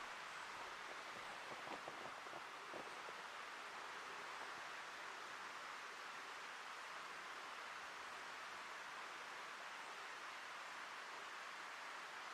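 Forest preserve ambience with a steady, dense hiss like rain or rushing water, and faint low taps and rustles in the first three seconds.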